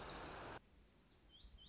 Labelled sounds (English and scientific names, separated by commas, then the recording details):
Lazuli Bunting (Passerina amoena)
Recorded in Sonoma County, California